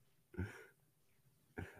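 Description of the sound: Two abrupt, forceful adult coughs about a second apart, coming unexpectedly mid-sentence and sounding aggressive, in a small quiet room.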